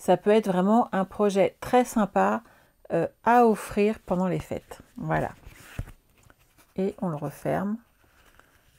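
A handmade paper pop-up greeting card is closed, and its closure snaps shut with a small, sharp click at 8.4 s, confirming it is fully closed. Someone talks through most of the clip before the card is closed.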